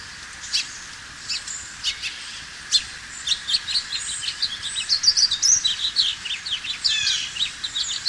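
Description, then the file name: House finch singing, with a few spaced chirps leading into a rapid, rambling warble of high, varied notes, some buzzy, running to the end. "house finch by paul jaszczak"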